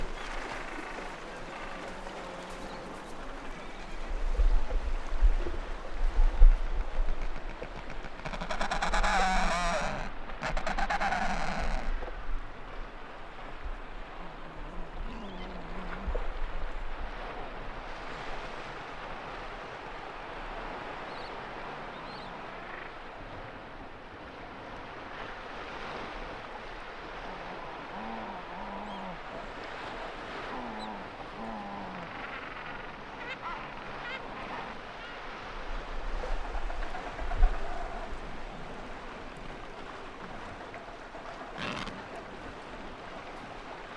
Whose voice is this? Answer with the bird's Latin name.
Pygoscelis adeliae